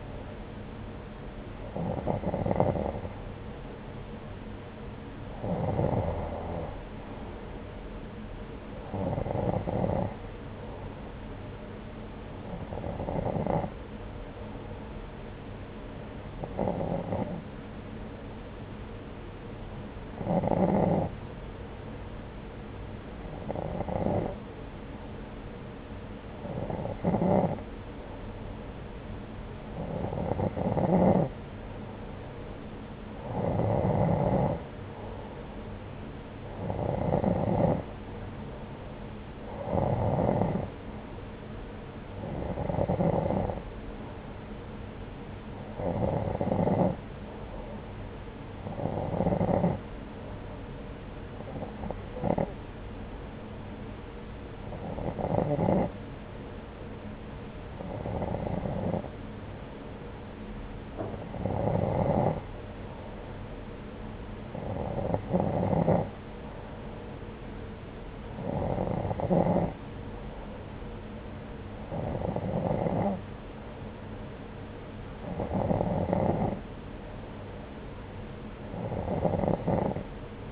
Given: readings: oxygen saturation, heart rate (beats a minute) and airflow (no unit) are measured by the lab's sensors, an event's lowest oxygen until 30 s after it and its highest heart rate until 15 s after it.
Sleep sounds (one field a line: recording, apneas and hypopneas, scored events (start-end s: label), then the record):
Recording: breathing in sleep by a voice recorder at the bedside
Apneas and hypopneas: 1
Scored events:
43.00-60.80 s: hypopnea (N2, oxygen 92% highest, then 89% lowest, heart rate 79 at the start, 79 highest)
From the record:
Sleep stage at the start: N2 (light sleep)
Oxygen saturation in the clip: 89 to 92%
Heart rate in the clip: 65 to 79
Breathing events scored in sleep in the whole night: 303 in 8.1 hours asleep